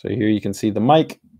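A detachable boom microphone is handled next to the mic jack of a gaming headset while someone talks throughout. Nothing has seated or clicked yet.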